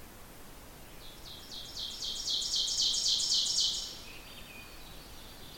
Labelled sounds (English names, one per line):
Ovenbird song